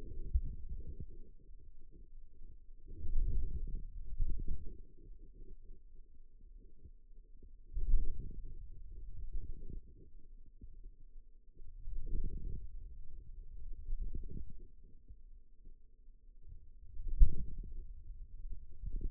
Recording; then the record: forearm muscle sounds (acoustic myography)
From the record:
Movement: wrist flexion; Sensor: system 2, bracelet of six BSWA MPA416 microphones around the upper forearm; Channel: 3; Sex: male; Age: 22 years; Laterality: right